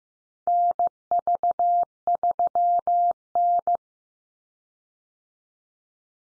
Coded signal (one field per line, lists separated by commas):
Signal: Morse code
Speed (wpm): 15 wpm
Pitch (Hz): 700 Hz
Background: none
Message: NV3N